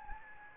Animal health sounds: mosquito wingbeat signal from an infrared sensor; Anopheles gambiae

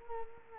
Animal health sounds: mosquito wingbeat signal from an infrared sensor; Culex quinquefasciatus

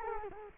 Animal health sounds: mosquito wingbeat signal from an infrared sensor; Culex quinquefasciatus

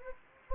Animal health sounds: mosquito wingbeat signal from an infrared sensor; Anopheles gambiae

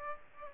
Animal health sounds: mosquito wingbeat signal from an infrared sensor; Aedes aegypti

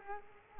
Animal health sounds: mosquito wingbeat signal from an infrared sensor; Culex quinquefasciatus

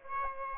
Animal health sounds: mosquito wingbeat signal from an infrared sensor; Aedes aegypti

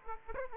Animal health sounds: mosquito wingbeat signal from an infrared sensor; Aedes aegypti

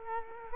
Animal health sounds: mosquito wingbeat signal from an infrared sensor; Culex quinquefasciatus

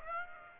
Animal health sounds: mosquito wingbeat signal from an infrared sensor; Aedes aegypti

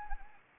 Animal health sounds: mosquito wingbeat signal from an infrared sensor; Anopheles arabiensis

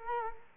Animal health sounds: mosquito wingbeat signal from an infrared sensor; Culex quinquefasciatus

